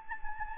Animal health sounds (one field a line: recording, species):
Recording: mosquito wingbeat signal from an infrared sensor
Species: Anopheles gambiae